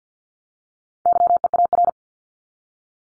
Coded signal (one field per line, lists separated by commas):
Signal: Morse code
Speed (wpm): 50 wpm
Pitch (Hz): 700 Hz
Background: none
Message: YEAR